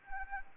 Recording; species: mosquito wingbeat signal from an infrared sensor; Anopheles arabiensis